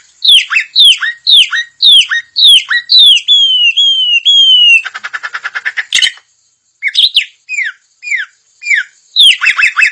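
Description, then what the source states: Puff-throated babbler song: rapid repeated falling whistles, a few long steady whistles, a buzzy rattling stretch, then more quick whistled phrases. Local name Samyong; described as gacor, actively and constantly singing.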